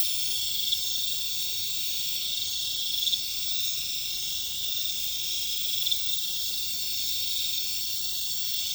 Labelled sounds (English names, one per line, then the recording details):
none
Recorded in pastures near Puerto Asís, Putumayo, Colombia, on 26 December 2024 at 21:30
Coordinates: 0.472, -76.329
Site G072